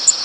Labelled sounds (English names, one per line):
Blackpoll Warbler flight call